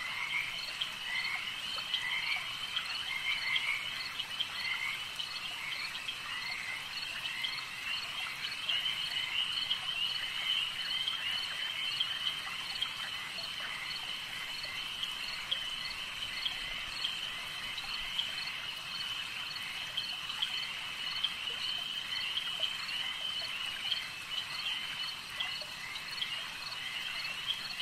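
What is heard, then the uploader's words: A dense chorus of frogs fills a night swamp, a steady high trilling and pulsing that never lets up across the whole stretch. Many calls overlap at slightly different pitches, with faint scattered ticks and drips underneath and little low sound. Night Swamp Sounds, Rain Drips & Splashes with frogs - Bali, Indonesia.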